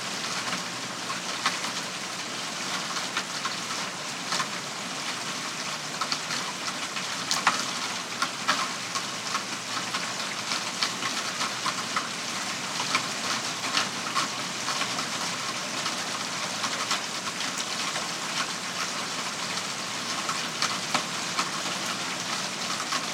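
Heavy rain pours steadily outside a home in West Michigan, flooding the gutters and downspouts. The hiss is dense and bright, with no pauses, and quick crackling patters of drops hitting surfaces flicker through it constantly for the full length.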